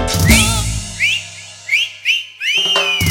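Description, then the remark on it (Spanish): In a cumbia song, a person whistles a short, bright melody of rising and sliding notes in several quick bursts, over a low, steady musical backing with a thumping beat. “Tenés que agitarla si vos te plantás, si vos sos cumbiero tenés que silbar.”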